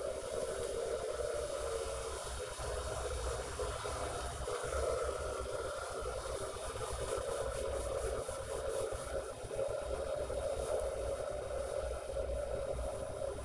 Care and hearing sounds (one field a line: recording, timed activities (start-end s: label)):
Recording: household activities, microphone on the right wrist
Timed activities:
0.00-13.45 s: making tea